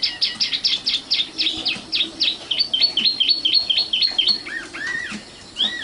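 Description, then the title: Oriental magpie-robin song: quick repeated bright notes, then a string of identical hooked whistles, ending with lower arched slurred whistles. "Kicau Kacer"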